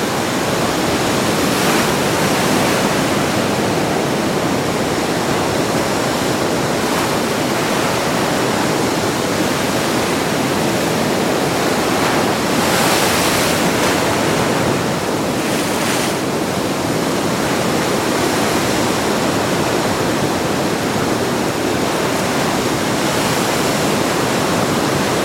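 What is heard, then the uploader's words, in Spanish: Waves crash against rocks in a dense, unbroken roar that fills everything from deep rumble to bright hiss. The level stays steady throughout, with brief brighter surges of spray every few seconds, most noticeable around 13 and 16 seconds. Marea Alta en la Cala Secreta. El Estruendo de las Olas Oceánicas. Escápate a las costas escarpadas de Kynance Cove en Cornwall, donde el imponente Atlántico revela su sinfonía invernal. Esta grabación capta la fuerza bruta y la belleza hipnótica del océano en un día invernal desolado. Las olas chocan contra las antiguas rocas.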